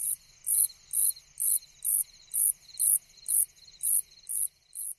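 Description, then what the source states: Slightly musical conehead song: very high, soft pulsed bursts repeated roughly twice a second, evenly spaced. Conehead katydid of wetlands or moist habitats; males in an area synchronize their songs into a soft pulsating chorus.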